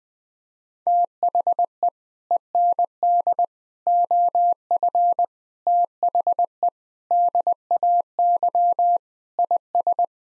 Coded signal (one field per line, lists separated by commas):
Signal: Morse code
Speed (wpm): 20 wpm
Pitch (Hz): 700 Hz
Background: none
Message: THE END OF THE DAY IS